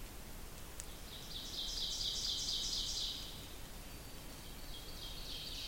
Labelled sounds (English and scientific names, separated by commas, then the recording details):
Ovenbird (Seiurus aurocapilla) song
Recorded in boreal forest in Alberta, Canada, on 2 June 2016 at 06:30
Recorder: SongMeter 3, array SBT-3-7
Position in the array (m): 51 m, 148 m
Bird 4